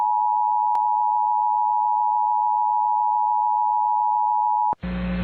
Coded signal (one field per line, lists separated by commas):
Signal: Emergency Alert System (SAME) tones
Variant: 853 and 960 Hz attention tone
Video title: EAS- North Carolina RMT (6/9/23)